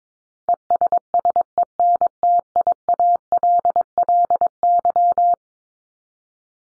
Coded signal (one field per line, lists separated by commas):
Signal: Morse code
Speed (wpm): 22 wpm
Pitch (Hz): 700 Hz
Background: none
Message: ESSENTIALLY